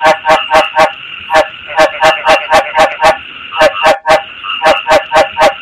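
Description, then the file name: Frog mating calls, rapid nasal pulses repeated about four times a second in steady runs with brief pauses. Male frog calling to attract a mate. "tieng ech duc keu goi ban tinh"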